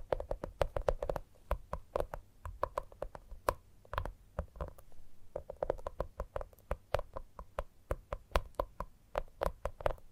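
Gentle tapping on a hard surface, close by, in quick irregular bursts throughout. Each tap is a short knock with a woody, hollow ring and a crisp click on top, clustering into rapid runs with brief pauses around four and five seconds.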